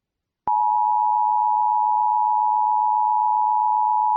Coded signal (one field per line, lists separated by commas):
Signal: Emergency Alert System (SAME) tones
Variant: 853 and 960 Hz attention tone